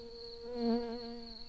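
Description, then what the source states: Early bumblebee buzzing steadily, a low hum with many even overtones that swells briefly in the middle before settling back. Workers.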